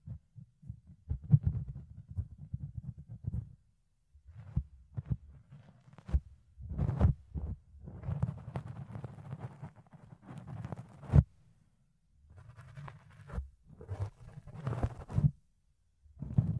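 Fluffy ear cleaning and picking: low, muffled rubbing and thumping comes in bursts, with short silent gaps near 4 and 12 seconds. Sharp crackling scrapes cut through repeatedly, the brightest around 7, 11 and 13 seconds, over an irregular, dense churning texture.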